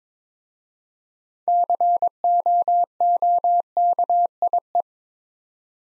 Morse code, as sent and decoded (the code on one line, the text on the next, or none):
-.-. --- --- -.- .. .
COOKIE